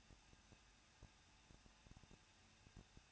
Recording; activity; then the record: daily activity, microphone in the room; no activity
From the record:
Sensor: 2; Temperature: 21.0 degrees Celsius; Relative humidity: 37.3%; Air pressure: 1006.4 hPa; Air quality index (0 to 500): 220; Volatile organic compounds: 23 ppm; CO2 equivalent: 2778 ppm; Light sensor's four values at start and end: 2/3/2/2 and 2/3/2/2